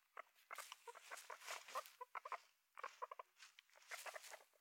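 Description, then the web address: Guinea pig moving in its cage, with scratchy rustles and clicks that come in two busy bursts. Guinea pig moving about in its cage. "sound-effects-bible Guinea Pig Cage Move"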